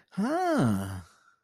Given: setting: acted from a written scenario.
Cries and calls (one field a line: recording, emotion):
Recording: vocal sound without words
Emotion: interest